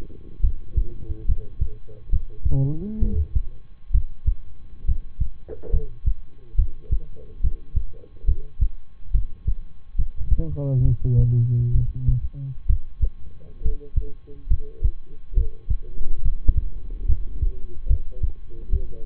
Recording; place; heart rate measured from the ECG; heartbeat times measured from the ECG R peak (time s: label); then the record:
heart sounds by stethoscope; between the tricuspid and mitral areas; 69 bpm
0.40 s: heartbeat
1.25 s: heartbeat
2.09 s: heartbeat
2.98 s: heartbeat
3.90 s: heartbeat
4.84 s: heartbeat
5.69 s: heartbeat
6.55 s: heartbeat
7.40 s: heartbeat
8.24 s: heartbeat
9.11 s: heartbeat
9.95 s: heartbeat
10.81 s: heartbeat
11.71 s: heartbeat
12.66 s: heartbeat
13.61 s: heartbeat
14.47 s: heartbeat
15.33 s: heartbeat
16.21 s: heartbeat
17.05 s: heartbeat
17.86 s: heartbeat
18.69 s: heartbeat
From the record:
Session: rest, lying down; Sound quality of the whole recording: good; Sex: male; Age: 23 years